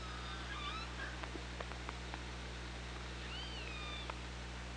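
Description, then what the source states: Killer whale calls, faint bending tonal sweeps near the start and a rising-then-falling call late on, with scattered sharp clicks over a steady low hum. OrcaLab hydrophone, 24 August 2017, 15:51.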